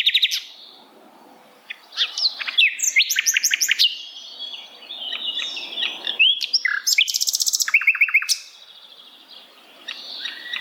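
Bird singing rich, varied high phrases with quick chattering runs and clear whistles, broken by short silences between bursts.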